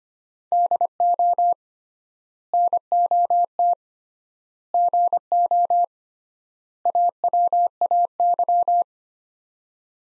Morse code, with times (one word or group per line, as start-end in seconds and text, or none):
0.5-1.5 DO
2.5-3.7 NOT
4.7-5.8 GO
6.9-8.8 AWAY